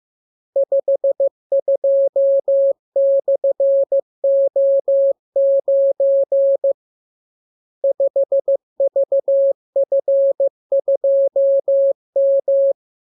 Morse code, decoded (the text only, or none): 52/O9 5VF2M